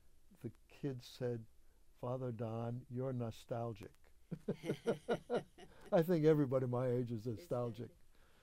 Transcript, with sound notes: The kid said, "Father Don, you're nostalgic." [laughter] I think everybody my age is nostalgic.
Is — yeah.